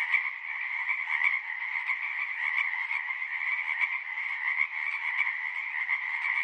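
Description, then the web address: Marsh frogs croaking in a dense, continuous chorus, many overlapping rattling calls with no pauses throughout. Several marsh frogs. "Partners In Rhyme Marsh Frogs"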